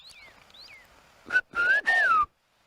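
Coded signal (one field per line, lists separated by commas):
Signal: whistled language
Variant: Chinantec whistled speech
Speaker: Pero si es más distancia, como entonces ya un poco más recio.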